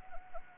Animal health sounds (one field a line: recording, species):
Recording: mosquito wingbeat signal from an infrared sensor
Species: Anopheles arabiensis